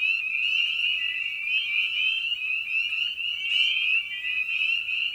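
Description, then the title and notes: Dense spring peeper chorus: high, bell-like rising peeps from numerous frogs running together into one unbroken shrill sound. Evening at a frog pond; tiny amphibian known for its distinctive song. "Episode 5: Night of the Peepers. we return to the frog pond for a meditative evening. Species in Focus: Spring Peeper (Pseudacris crucifer). Ian Carlsen"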